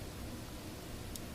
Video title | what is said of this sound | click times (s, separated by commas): Hammerhead Karoo - Update, New Bracket Foot, and SIM Install | I did hear a click. It stayed in there. | 1.2 s